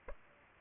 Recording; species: mosquito wingbeat signal from an infrared sensor; Aedes aegypti